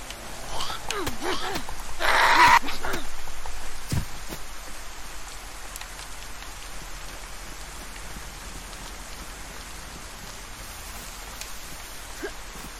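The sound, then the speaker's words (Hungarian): Steady rain falls in a continuous, even hiss of drops, with a brief louder rush of water near the start before settling back to a constant patter. “nem is az én játékom lenne, hogyha nem esne az eső.”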